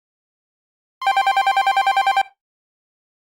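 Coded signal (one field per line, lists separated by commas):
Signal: none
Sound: phone ringtone chirps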